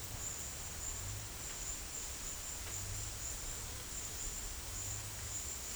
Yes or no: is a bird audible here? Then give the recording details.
no. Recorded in secondary vegetation near Puerto Asís, Putumayo, Colombia, on 22 December 2024 at 12:30. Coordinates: 0.488, -76.319. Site GP04